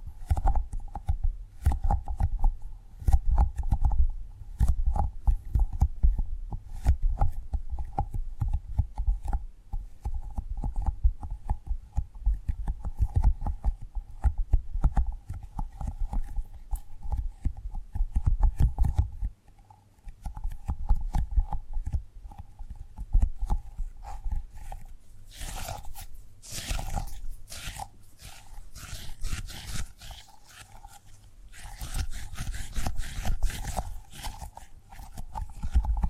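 Tapping and gripping sounds come as a dense, uneven stream of small clicks and knocks, with a low steady hum underneath. Around 19 seconds it briefly drops out, and from about 25 seconds on, sharper, brighter rustling bursts and crunchy scrapes cluster in.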